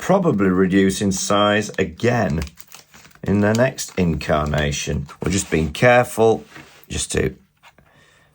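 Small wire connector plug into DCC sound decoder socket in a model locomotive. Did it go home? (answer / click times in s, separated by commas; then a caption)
yes / 7.8 s. Someone talks while carefully fitting a small wire connector plug, offered in the right way round, into the DCC sound decoder socket of a Hornby Dublo A4 Dominion Of New Zealand model locomotive. After the talking stops, a faint tick at 7.6 s is followed by a tiny, sharp click at 7.8 s as the decoder connector is pushed home and seats in its socket.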